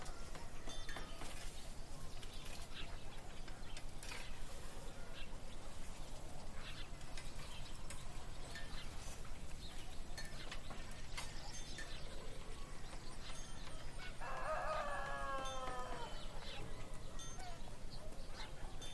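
Birds sing in bursts over a steady murmur of town activity, with people's voices and scattered knocks and clatters. Short bright chirps recur throughout, and around fifteen seconds a louder animal call stands out briefly above the constant low rumble.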